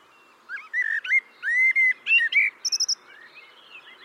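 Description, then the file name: Common blackbird delivering a single melodious whistled phrase of rising and falling notes, finished by a quick burst of thin, high squeaks. "Turdus merula"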